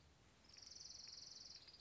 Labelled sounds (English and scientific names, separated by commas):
Orange-crowned Warbler (Leiothlypis celata)